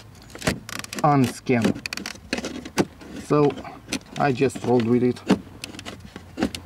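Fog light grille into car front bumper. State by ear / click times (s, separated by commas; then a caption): not seated / none. Someone talks while an aftermarket chrome-ring plastic fog light grille is pressed into the front bumper opening of an Audi A4 B8, with short sharp taps and rattles of plastic between the words. Nothing has seated or clicked yet; the grille fails to lock in place, unlike the original grille, which would already have locked in.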